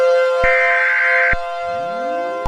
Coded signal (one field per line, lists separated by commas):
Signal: Emergency Alert System (SAME) tones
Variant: header bursts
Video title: EAS Scenario #34: The Godzilla Getdown